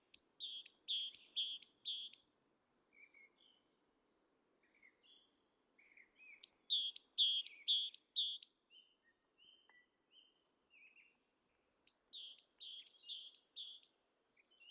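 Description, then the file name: Great tit repeating a bright two-note phrase in three separate bouts, each of several quick high-low units, with quiet thin calls in the pauses. "Parus major"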